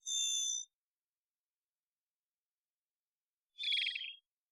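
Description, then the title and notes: Varied thrush singing: two notes about three seconds apart, the first steadier in tone, the second buzzier. Immature, perhaps juvenile bird giving an odd song like warming-up practice; Pacific Northwest, Washington, United States; parabolic single-species recording, processed for clarity, natural pace and rhythm kept. "Varied Thrush - Immature. Varied Thrush, Ixoreus naevius, song, odd, like warming-up practice, perhaps juvenile. Pacific Northwest, Washington, United States"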